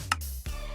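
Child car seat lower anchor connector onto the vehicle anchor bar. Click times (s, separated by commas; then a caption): 0.1 s. A WAYB Pico child car seat's lower-anchor connector is pushed onto the vehicle's metal lower anchor bar over background music. A sharp click at 0.1 s marks the connector seating on the anchor.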